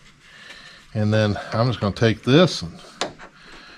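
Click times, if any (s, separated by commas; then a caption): 3.0 s. On the driver's door of a 2002 Ford F350 pickup, a door latch rod clip is pushed up into the door latch. Someone talks, then a single sharp snap is heard at 3.0 s as the clip seats in place.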